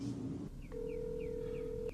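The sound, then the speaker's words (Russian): A girl in her room dialing a telephone number: a row of five short, evenly spaced high beeps over a steady low tone, quiet, with no voices. “Девушка сидит в своей комнате и звонит по телефону.”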